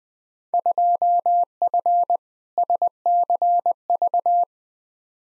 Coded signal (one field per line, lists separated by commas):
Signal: Morse code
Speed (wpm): 20 wpm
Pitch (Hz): 700 Hz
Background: none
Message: 2F SCV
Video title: Field Day Exchange v2 - 20wpm